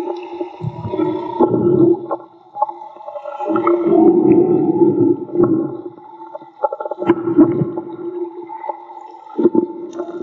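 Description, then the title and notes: Whale song: steady low moaning tones with harmonics, broken by rumbling, gurgling bursts and sharp clicks in an underwater setting. Whale song, underwater field recording made with DIY hydrophones; audio cleaned afterwards. "CANTO DE BALLENAS MAGMA. Grabación de campo y construcción dehidrofonos DIY: Jorge Barco. Limpieza de audio: Santiago Minotas"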